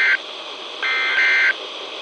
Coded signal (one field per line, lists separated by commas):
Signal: Emergency Alert System (SAME) tones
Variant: end-of-message bursts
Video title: 2 Same Special Marine Warnings for the Delaware Bay {EAS #922, 923} 9-3-12